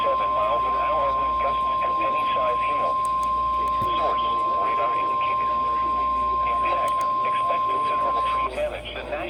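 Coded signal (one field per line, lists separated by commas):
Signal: Emergency Alert System (SAME) tones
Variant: 1050 Hz attention tone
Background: speech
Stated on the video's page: Severe thunderstorm warning SAME tones on NOAA weather radio, sent after a tornado warning.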